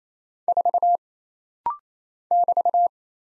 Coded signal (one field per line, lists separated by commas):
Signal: Morse code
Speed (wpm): 27 wpm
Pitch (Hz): 700 Hz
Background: none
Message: 4 <BT>